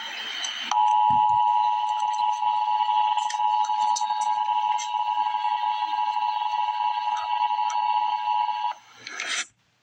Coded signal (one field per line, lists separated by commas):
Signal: Emergency Alert System (SAME) tones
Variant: 853 and 960 Hz attention tone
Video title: Emergency Alert System - Special Weather Statement - Jun 26, 2025 at 2:19 PM EDT